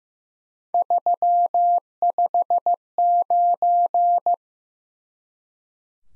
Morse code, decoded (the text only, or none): 359